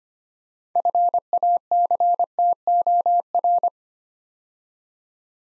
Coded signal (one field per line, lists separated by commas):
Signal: Morse code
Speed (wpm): 25 wpm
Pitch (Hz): 700 Hz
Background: none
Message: FACTOR